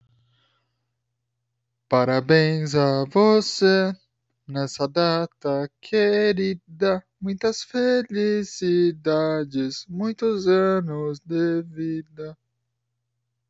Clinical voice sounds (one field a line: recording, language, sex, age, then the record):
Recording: short text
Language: Brazilian Portuguese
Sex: male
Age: 20 to 29 years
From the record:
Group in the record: control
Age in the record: 27 years